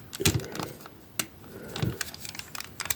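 A plastic panel of an APC Toys Red Gladiator (Cliffjumper) robot toy is fitted into the toy's body as the second part while it is transformed into car mode. Light plastic rattling and handling clicks are heard throughout, with a sharp snap at 1.2 s. The part slots in by itself and seats perfectly.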